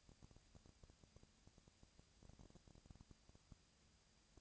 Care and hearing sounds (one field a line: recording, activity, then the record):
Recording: daily activity, microphone in the room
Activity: no activity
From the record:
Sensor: 2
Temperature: 20.1 degrees Celsius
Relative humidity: 35.5%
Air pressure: 996.9 hPa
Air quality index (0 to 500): 197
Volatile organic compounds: 30 ppm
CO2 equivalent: 2958 ppm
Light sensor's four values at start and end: 2/3/2/2 and 2/3/2/2